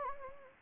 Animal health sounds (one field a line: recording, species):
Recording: mosquito wingbeat signal from an infrared sensor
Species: Anopheles gambiae